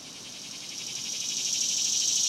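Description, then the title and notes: Cicadas producing a high, sizzling, pulsed drone that rises slowly in volume throughout. Daytime, outdoors in a cemetery, summer. "Ext, Daytime Cicadas, Cemetery, Summer by Bandeto"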